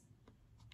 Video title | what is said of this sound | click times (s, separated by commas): Crash test de la palette Cosmic Crush de chez Too faced | en fait voilà la palette se clipse dans le rebord voilà | 0.7 s